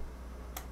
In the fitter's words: you'll hear a little click